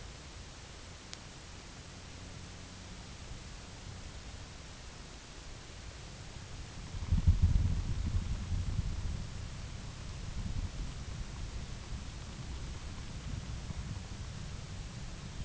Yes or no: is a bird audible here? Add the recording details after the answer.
no. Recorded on Arctic tundra, site UTQI-8, on 8 June 2019. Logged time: 02:00